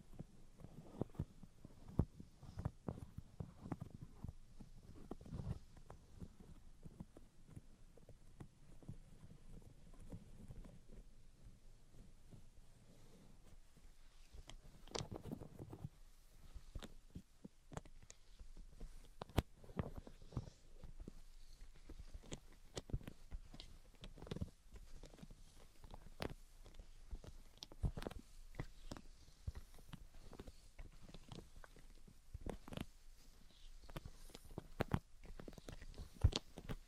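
Irregular tapping and scratching, dense sharp clicks over soft low rubbing, heavier low scraping early on, brighter scattered taps after fifteen seconds.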